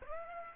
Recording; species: mosquito wingbeat signal from an infrared sensor; Aedes aegypti